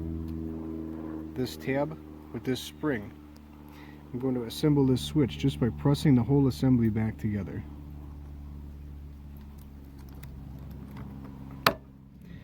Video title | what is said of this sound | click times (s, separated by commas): Caravan detailed rear latch disassembly and cleaning | hear a nice positive click now | 11.7 s